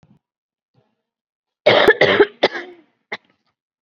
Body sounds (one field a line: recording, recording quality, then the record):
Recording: heavy voluntary cough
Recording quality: excellent, no background noise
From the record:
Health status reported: COVID-19 positive, mild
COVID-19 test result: positive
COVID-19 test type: RT-PCR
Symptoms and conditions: cough, cold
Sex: female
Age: 32 years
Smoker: no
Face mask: worn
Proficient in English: yes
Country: India